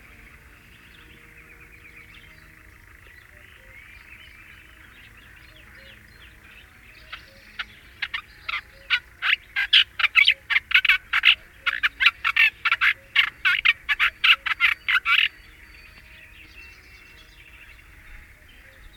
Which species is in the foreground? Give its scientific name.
Hippolais olivetorum